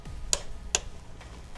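A click-type torque wrench set to 25 Nm tightens the oil filter housing cap on the S58 engine of a BMW G80 M3 during an oil and filter change. Two sharp, bright clicks sound at 0.3 s and 0.8 s: the first as the wrench reaches its setting and the second as one extra click for good measure. The cap is confirmed torqued to spec.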